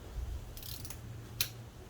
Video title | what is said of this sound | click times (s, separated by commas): $400 just to change the spark plugs? | it clicked I'm going to double check it that's it so I'm not gonna do any more that's done | 1.4 s